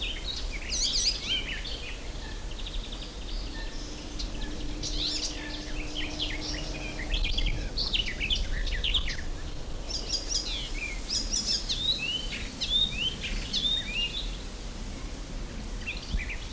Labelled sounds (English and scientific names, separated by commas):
Garden Warbler (Sylvia borin)